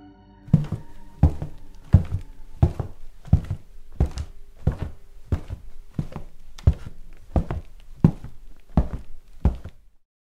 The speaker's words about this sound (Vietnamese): Nhưng đúng vào lúc đó, chợt nghe trong bóng tối vang lên tiếng sột xà sột soạt, như thể có người đang bước đi. Âm thanh dường như phát ra từ chỗ cửa lò đốt xác.